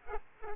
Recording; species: mosquito wingbeat signal from an infrared sensor; Aedes aegypti